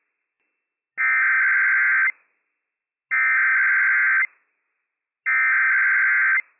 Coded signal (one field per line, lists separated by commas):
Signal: Emergency Alert System (SAME) tones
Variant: header bursts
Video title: When Franklin County EM Tests 4 Times a Day Early - WWF56 - EAS #301-304 - 11/23/22